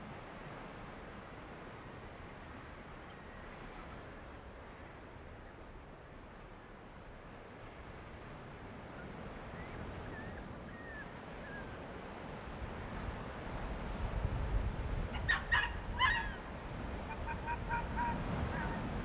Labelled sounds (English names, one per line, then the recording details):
Arctic Fox barking
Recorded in the wild
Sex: diverse
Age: subadult
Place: Insel Mednyi, Kommandeur-Inseln, RU
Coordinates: 54.5167, 168.083
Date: 1999-08-23
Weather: fair, almost no wind
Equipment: Sony TCD-D8, Sennheiser MKH 70, Windkorb
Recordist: Frommolt, Karl-Heinz